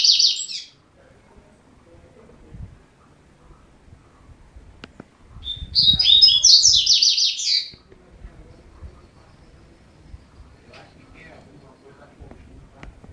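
Double-collared seedeater singing a clipped phrase at the start, then one full burst of fast, bright chattering notes midway, followed by quiet with faint scattered clicks.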